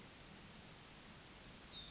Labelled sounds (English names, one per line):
Yellowhammer song